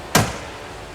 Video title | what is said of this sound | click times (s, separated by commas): REASONS WHY YOU SHOULD BUY A 2021 BRONCO SPORT BIG BEND | and and you can hear it click into place magnetize | 0.1 s